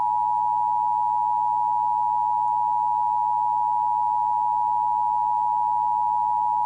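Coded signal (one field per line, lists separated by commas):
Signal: Emergency Alert System (SAME) tones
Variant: 853 and 960 Hz attention tone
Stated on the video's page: Fictional EAS scenario.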